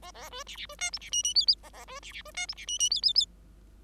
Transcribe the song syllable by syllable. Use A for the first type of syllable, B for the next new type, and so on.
A A B C C B D E C F F G G A A B C C B D E C F F G G G